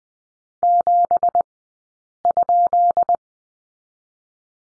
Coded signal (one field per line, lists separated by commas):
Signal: Morse code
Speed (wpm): 20 wpm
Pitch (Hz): 700 Hz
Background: none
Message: 7?